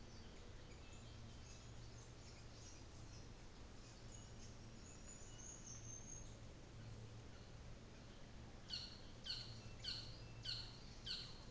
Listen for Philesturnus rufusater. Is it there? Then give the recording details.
yes. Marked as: faintness 3/5, faintness 4/5, faintness 1/5. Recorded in New Zealand on 24 December 2018. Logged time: 14:00